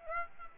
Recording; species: mosquito wingbeat signal from an infrared sensor; Aedes aegypti